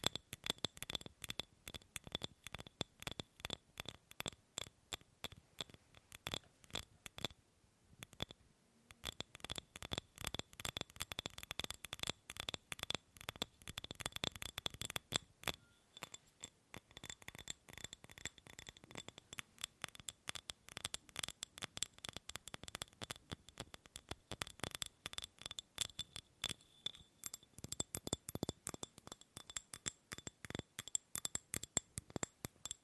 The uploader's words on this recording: ASMR Fast & Slow Tapping on 6 Objects No Talking.